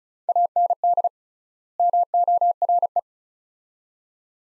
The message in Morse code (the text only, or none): AND MORE